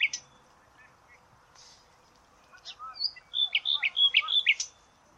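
Bird song: scattered high chirps, then a quick run of bright whistled notes alternating with short down-slurred chips near the end.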